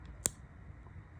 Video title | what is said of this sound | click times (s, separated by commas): Glock21 timney alpha trigger install | bam you heard that little snap | 0.3 s